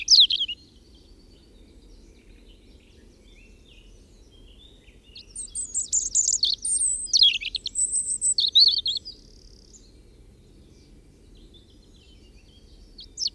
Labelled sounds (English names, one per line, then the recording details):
European Robin song
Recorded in the wild
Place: Putbus, Insel Rügen, Mecklenburg-Vorpommern, DE
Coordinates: 54.38, 13.458
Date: 1974-05-02
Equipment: Nagra III BH, Sennheiser MD 21, parabola
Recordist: Schubert, Michael